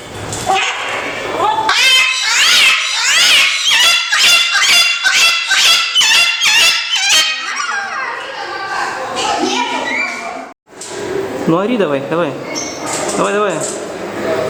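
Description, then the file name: Salmon-crested cockatoo giving loud, harsh screams in a quick, rhythmic series, then rougher, drawn-out squawks after a brief break. Captive bird in a zoo, recorded 22 May 2016. "molukkskii kakadu oryot severskii zoopark"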